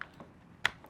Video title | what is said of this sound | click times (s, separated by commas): LOS364000 ALUMINUM SWING ARM INSTRUCTIONS FOR THE LOSI PROMOTO-MX | and it kind of will snap into place and then we'll take our gear cover here | 0.7 s